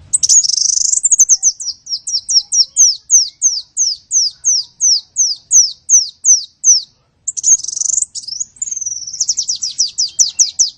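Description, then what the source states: Van Hasselt's sunbird song: a long series of thin, high, downslurred notes repeated about three times a second, a short pause, then more rapid twittering notes. Filler song (isian) of the kolibri ninja (konin), used to train songbirds.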